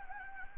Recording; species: mosquito wingbeat signal from an infrared sensor; Anopheles gambiae